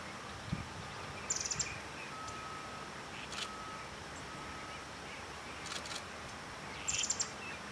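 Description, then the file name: Straneck's tyrannulet repeating a short, thin, high-pitched trill at the start and again near the end, with quiet ticks and soft background noise. Recording dated 19-05-15. "Piojito-Trinador-19-05-15"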